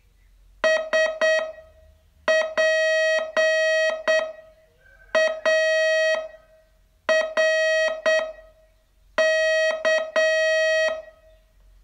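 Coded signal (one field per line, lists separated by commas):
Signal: Morse code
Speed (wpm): 8 wpm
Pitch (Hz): 640 Hz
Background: none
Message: SPARK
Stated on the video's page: Morse training lesson, day 27 of a 42-day course.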